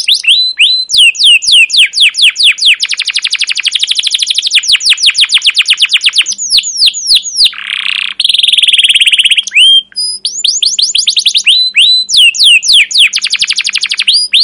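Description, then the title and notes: Canary song: a long run of rapid sweeping notes and dense rattling trills, with a buzzy roll midway and a faint steady hum beneath. Long, rolling, emotive 'cuit cuit' chirping song, used as a lure and tutor for young canaries learning song. "CUIT CUIT NGEROL LANGSUNG GACOR PANJANG Kenari Ini Utk Pancingan KENAR. PANCINGAN Kenari GACOR PANJANG Cuit CUIT EMOSI ini utk MASTERAN Kenari PAUD belajar BUNYI. burung kenari"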